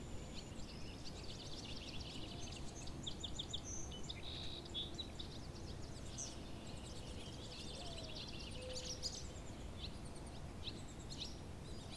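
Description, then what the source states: Barn swallows chattering almost continuously, a busy run of high twittering notes and buzzy trills, over a constant low rumble with faint low tones. Several barn swallows at a pond.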